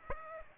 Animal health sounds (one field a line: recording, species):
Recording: mosquito wingbeat signal from an infrared sensor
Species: Aedes aegypti